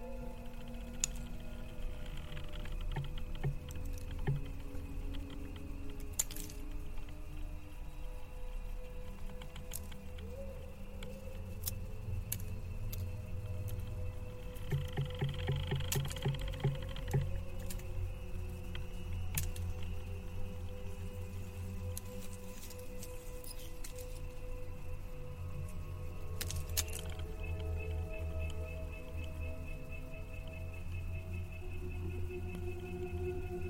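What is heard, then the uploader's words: A ghostly female voice hums a slow, wavering lullaby over a deep, steady droning rumble. Sharp clicks and crackles break in every few seconds, and around the middle a brighter, shimmering tone swells briefly before fading back into the murky hum. Thai haunted cemetery ASMR Ambience เสียงบรรยากาศหลอนๆ ในป่าช้ากลางดึก.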